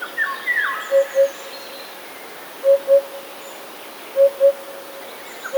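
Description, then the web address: Eurasian hoopoe calls: three evenly spaced pairs of low, hollow 'oop-oop' notes, with brief chirps from another bird near the start. "wroblowe kolekcja dudek"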